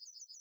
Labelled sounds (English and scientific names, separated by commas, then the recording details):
Yellowhammer (Emberiza citrinella) song
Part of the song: start
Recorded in the Czech Republic on 23 May 2015
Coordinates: 49.979, 16.149
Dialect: BC
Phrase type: C43
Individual ch019